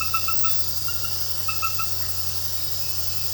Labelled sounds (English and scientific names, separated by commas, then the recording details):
none
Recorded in pastures near Puerto Asís, Putumayo, Colombia, on 12 March 2025 at 21:30
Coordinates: 0.466, -76.322
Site CSA-02